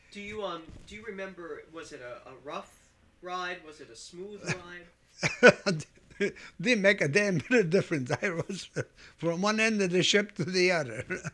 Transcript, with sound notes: Do you, um, do you remember was it a rough ride, was it a smooth ride?
( he laughs ) It didn't make a damn bit of difference. I was from one end of the ship to the other.